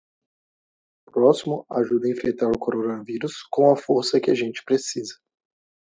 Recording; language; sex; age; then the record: spoken sentence; Brazilian Portuguese; male; 20 to 29 years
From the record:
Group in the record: control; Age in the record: 29 years